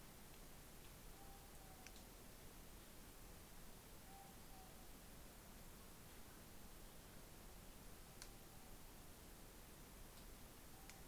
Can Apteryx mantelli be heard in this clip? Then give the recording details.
no. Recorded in New Zealand on 16 November 2013. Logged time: 21:44. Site BS16